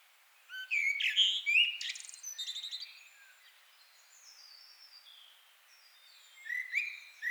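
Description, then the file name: Common blackbird song: a mellow warbled phrase ending in high scratchy twitters, a soft pause, then the next fluty phrase begins. "Turdus merula"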